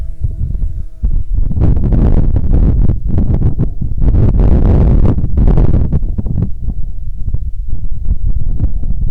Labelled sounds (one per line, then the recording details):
wind
insects
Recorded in Ivvavik National Park, Yukon, on 21 June 2019 at 19:38
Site SINP09